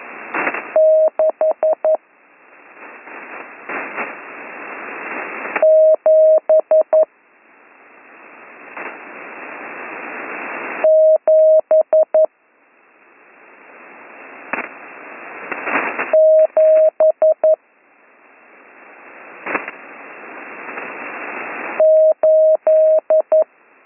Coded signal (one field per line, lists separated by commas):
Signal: Morse code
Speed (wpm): 11 wpm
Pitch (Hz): 630 Hz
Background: radio noise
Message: 6 7 7 7 8